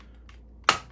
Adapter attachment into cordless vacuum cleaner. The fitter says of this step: Wenn man ihn so benutzt, kann man sehen, dass er so einrastet .